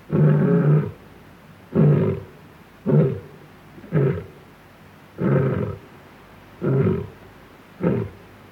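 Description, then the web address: Lion roaring in a series of seven deep, grunting bursts about a second apart, each short and coarse, with quiet gaps between and no other sounds. Male lion roaring against a clean background. "Sound Effects-BBC Africa. male lion roaring with clean background"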